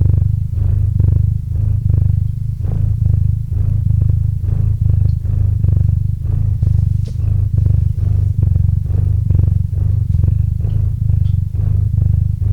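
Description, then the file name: Loud cat purring, a dense deep vibration swelling in quick regular pulses across the whole stretch. Cat named Murchik purring into a microphone. "Kot Murchik - Murchanie kota kot murchal v mikrofon"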